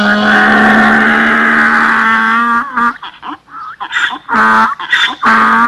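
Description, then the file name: Donkey braying: a long, steady, harsh drawn-out note, then a series of stuttering, rhythmic gasping pulses. "Sonido de burro"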